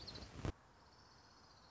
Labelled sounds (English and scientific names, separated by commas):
Orange-crowned Warbler (Leiothlypis celata)